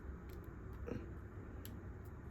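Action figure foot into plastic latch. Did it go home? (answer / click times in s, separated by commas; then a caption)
yes / 1.6 s. The foot of a Mezco One:12 Collective Green Goblin action figure is lined up and pressed onto a plastic latch, likely on the glider's foot mounts, over a low steady rumble. A short, sharp click at 1.7 s marks the latch catching, and the foot is seated.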